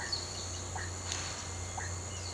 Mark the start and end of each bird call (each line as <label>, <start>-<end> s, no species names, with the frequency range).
bird call (2.7-6.2 kHz), 0.00-0.63 s